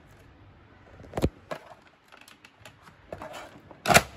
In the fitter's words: lock అయిపోయింది చూసారా ఇదైతే మాత్రం వెళ్ళిపోయింది